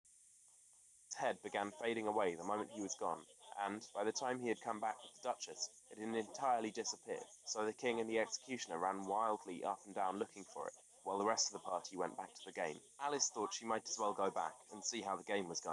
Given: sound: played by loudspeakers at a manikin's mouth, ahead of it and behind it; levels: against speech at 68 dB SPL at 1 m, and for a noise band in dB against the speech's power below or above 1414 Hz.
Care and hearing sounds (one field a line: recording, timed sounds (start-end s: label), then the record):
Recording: test signals for a remote microphone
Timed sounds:
1.11-15.73 s: man speaking, babble ahead at +6 dB SNR for speech at 1 m
From the record:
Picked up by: remote microphone D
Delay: 24 ms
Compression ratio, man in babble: 1.14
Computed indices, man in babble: HASPI 0.996, HASQI 0.277 (non-linear 0.318, linear 0.872), ESTOI 0.748